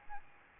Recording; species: mosquito wingbeat signal from an infrared sensor; Aedes albopictus